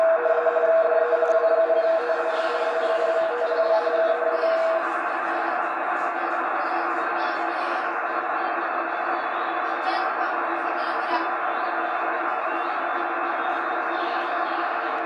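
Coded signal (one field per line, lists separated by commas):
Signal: RTTY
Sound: rapid warbling between two close tones, buried in loud hiss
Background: radio static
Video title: V21ZG Antigua and Barbuda 10M RTTY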